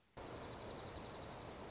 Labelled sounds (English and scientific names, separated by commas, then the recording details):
Dark-eyed Junco (Junco hyemalis)
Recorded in Sonoma County, California